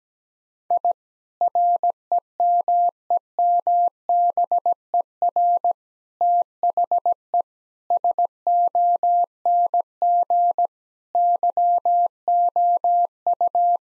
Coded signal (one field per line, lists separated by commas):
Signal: Morse code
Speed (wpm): 17 wpm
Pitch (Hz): 700 Hz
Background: none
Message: I REMEMBER THE SONG YOU